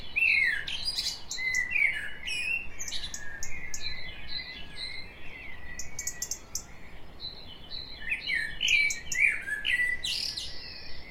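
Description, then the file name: Common blackbird uttering busy, rapid warbled phrases with sliding mid-pitched notes and high sharp ticks, fairly continuous throughout, with a soft noisy background. "Turdus merula"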